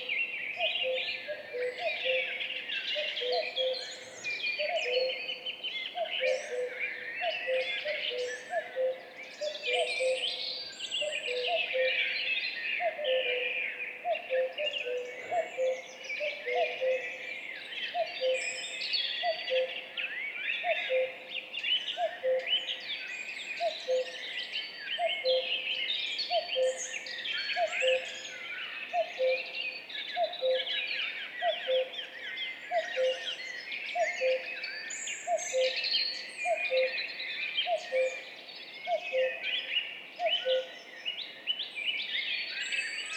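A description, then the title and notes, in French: Two cuckoos call their low two-note cries in steady, overlapping rhythm throughout, over a dense, bright chorus of smaller birds chirping nonstop. Duo de coucou. Piste aux espagnols - Val Maravel - 5h20 - Mixpr3 - mkh8020 - stereo. Ici, un mémorable duo de deux coucous gris.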